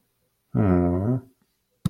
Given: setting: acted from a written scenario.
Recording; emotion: vocal sound without words; sadness